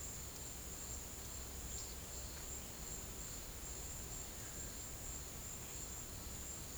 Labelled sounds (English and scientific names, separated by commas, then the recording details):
none
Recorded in secondary vegetation near Puerto Asís, Putumayo, Colombia, on 26 December 2024 at 13:00
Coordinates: 0.489, -76.322
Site G059